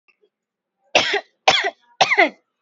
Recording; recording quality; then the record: heavy voluntary cough; excellent, no background noise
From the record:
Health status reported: COVID-19 positive, no symptoms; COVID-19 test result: positive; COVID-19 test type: RT-PCR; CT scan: not taken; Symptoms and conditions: none ticked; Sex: female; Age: 23 years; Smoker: no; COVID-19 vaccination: both doses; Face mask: worn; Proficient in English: yes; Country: India